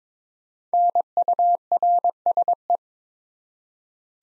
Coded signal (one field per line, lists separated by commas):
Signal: Morse code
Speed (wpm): 22 wpm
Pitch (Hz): 700 Hz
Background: none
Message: NURSE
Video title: Easy Words with Hints - 22wpm